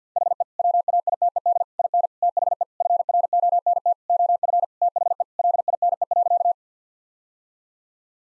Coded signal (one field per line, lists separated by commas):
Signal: Morse code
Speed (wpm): 50 wpm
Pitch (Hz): 700 Hz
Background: none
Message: HE WAITED IN THE FRONT OF THE LINE.